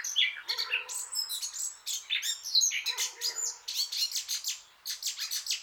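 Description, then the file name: Eurasian blackcap song: a rapid, continuous warble of varied chirps and sharp notes, with brief low buzzy rattles mixed in, running throughout. "Sylvia atricapilla"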